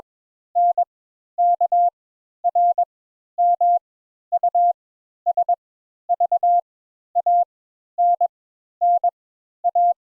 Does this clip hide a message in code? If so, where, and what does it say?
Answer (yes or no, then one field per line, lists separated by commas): yes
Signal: Morse code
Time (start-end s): 0.6-9.9 s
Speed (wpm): 21 wpm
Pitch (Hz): 700 Hz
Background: none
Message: N K R M U S V A N N A